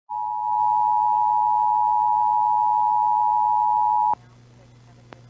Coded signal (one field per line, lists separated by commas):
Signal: Emergency Alert System (SAME) tones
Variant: 853 and 960 Hz attention tone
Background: speech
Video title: EAS Child Abduction Emergency (AMBER ALERT) Kalamazoo, Michigan Statewide Alert (Dangerous CAE)